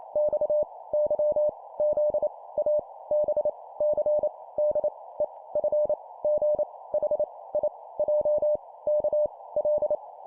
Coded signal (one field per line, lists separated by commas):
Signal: Morse code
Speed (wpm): 28 wpm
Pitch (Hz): 600 Hz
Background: none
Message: X Y Z A B C D E F G H I J K L